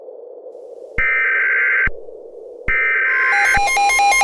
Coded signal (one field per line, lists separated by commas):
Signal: Emergency Alert System (SAME) tones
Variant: header bursts